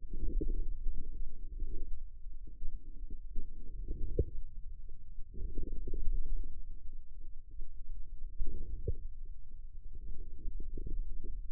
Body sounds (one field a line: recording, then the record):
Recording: forearm muscle sounds (acoustic myography)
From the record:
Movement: wrist flexion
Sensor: system 2, bracelet of six BSWA MPA416 microphones around the upper forearm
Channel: 6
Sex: female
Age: 25 years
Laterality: right